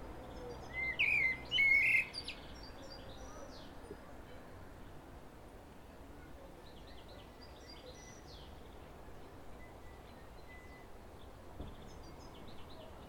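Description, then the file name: Common blackbird song: a brief loud burst of fluted warbling near the start, then faint high twittering over steady background hiss. "Turdus merula"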